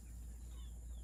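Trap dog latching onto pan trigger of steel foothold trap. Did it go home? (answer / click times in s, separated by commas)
no / none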